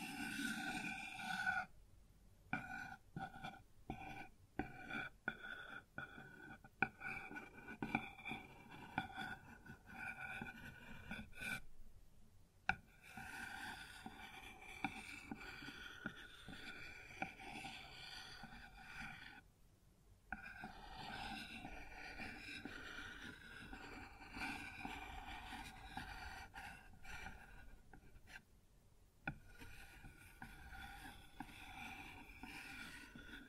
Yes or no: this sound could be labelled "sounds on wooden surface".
yes